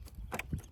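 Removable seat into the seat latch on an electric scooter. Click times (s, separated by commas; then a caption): 0.3 s, 0.4 s. The removable seat of a BMW CE 02 electric scooter is slid back on and pushed down into its seat latch. Sharp clicks sound at 0.3 and 0.4 seconds, followed by a low thud. The seat latches in place.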